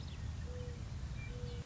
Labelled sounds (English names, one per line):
Mourning Dove